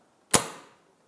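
Release clips on both sides of a cap hoop on a hooping station are pressed at the same time, giving a single sharp click at 0.3 s that fades over about half a second. The clips release, and the cap hoop can then be lifted off the station.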